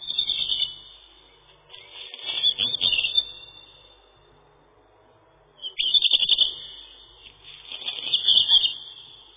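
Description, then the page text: Black redstart song: short high, scratchy phrases with crackling notes, given in several bursts separated by short pauses. "Горихвостка-чернушка (Phoenicurus ochruros)"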